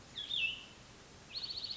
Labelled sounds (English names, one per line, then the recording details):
Cassin's Vireo
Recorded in Sonoma County, California